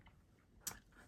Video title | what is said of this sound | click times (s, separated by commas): How to use the new Sizzix Stamp and Spin tool (with the Stencil and Stamp platform). Beginners guide | going to move on one click, and you'll see it's a really solid click. | 0.7 s